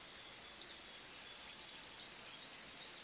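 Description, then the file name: Worm-eating warbler singing a rapid, dry, insect-like trill. Two brief higher notes lead in, then it grows louder and ends abruptly after about two seconds. Recorded in an oak hammock on Merritt Island, Florida, on 12 April 2018 at 8:01 AM. "Worm eating Warbler FL MINWR Oak Hammock"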